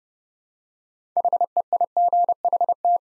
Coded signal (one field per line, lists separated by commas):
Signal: Morse code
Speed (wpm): 30 wpm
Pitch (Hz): 700 Hz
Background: none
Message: HEIGHT